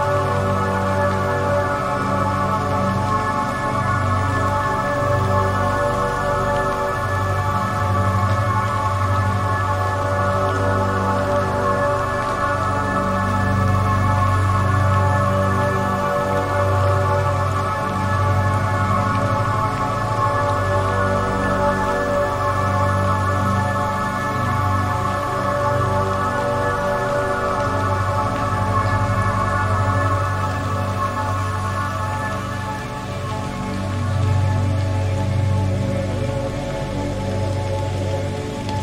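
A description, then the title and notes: Steady rain falls throughout, a dense even hiss laid over sustained meditative music. Long held tones sit in the low and middle range, with a deep hum that slowly swells and fades every few seconds. Loudness stays nearly constant for the whole stretch. Soothing Rain Meditation Music. Rain sounds combined with meditative music.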